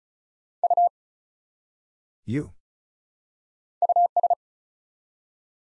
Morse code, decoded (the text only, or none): U US